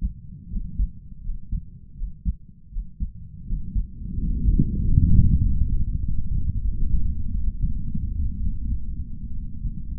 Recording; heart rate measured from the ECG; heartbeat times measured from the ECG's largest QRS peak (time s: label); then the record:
heart sounds by stethoscope; 81 bpm
0.48 s: heartbeat
1.21 s: heartbeat
1.94 s: heartbeat
2.69 s: heartbeat
3.44 s: heartbeat
4.16 s: heartbeat
4.81 s: heartbeat
5.41 s: heartbeat
6.00 s: heartbeat
6.60 s: heartbeat
7.31 s: heartbeat
8.36 s: heartbeat
9.32 s: heartbeat
From the record:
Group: healthy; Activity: rest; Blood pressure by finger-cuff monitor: 88/57 mmHg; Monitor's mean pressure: 65 mmHg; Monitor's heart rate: 80 bpm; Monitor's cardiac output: 5.3 L/min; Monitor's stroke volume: 64 mL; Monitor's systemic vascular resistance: 880 dyn s/cm5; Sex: male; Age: 22 years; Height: 181 cm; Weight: 60 kg